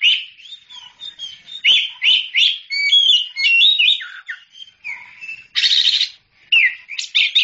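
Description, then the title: Oriental magpie-robin song: rapid varied whistles, trills and sweet slurred notes, broken by a short harsh buzzy burst late and resuming with bright chirps. Champion singing bird. "Kicau Burung Kacer Juara"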